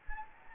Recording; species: mosquito wingbeat signal from an infrared sensor; Anopheles gambiae